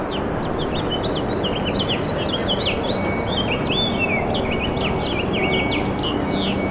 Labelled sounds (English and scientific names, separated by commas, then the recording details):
House Finch (Haemorhous mexicanus) song
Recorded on Long Island, New York, on 6 April 2012
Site BH
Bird B